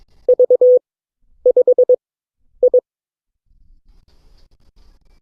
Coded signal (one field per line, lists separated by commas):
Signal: Morse code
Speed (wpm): 20 wpm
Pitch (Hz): 500 Hz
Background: none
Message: V5I